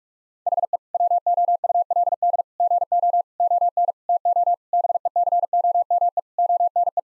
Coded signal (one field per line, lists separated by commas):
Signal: Morse code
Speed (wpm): 46 wpm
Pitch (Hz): 700 Hz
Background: none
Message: HE WOULD GO ON TO BECOME ONE